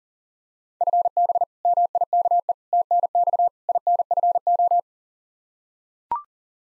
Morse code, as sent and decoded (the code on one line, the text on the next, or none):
..-. -... / -- .. -.- . / - -. -..- / .. -. ..-. ---
FB MIKE TNX INFO